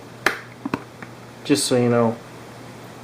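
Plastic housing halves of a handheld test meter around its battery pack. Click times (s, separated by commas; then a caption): 0.3 s. The plastic housing halves of a handheld test meter are pressed back together around its newly fitted battery pack, giving a sharp snap at 0.3 s, followed by a few quieter clicks. Someone then talks briefly. The case has snapped shut and is sealed.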